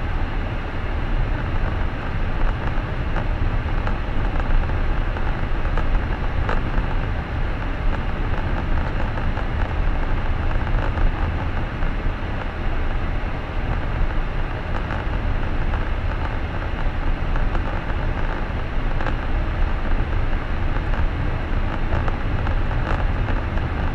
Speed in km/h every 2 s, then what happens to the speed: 41, 41, 40, 39, 39, 38, 36, 34, 33, 36, 38, 39.
0-15 steady at about 39.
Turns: none.